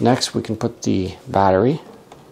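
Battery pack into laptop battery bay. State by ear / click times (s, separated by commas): not seated / none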